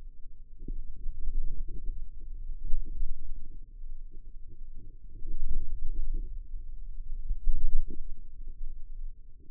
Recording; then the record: forearm muscle sounds (acoustic myography)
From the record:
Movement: radial deviation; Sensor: system 2, bracelet of six BSWA MPA416 microphones around the upper forearm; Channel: 3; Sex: female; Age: 22 years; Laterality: right